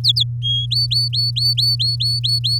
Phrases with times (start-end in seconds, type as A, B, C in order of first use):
0.04-0.23 A, 0.42-0.66 B, 0.71-2.60 C